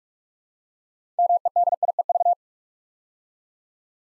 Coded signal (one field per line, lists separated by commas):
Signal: Morse code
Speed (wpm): 44 wpm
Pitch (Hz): 700 Hz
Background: none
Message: MEDIEV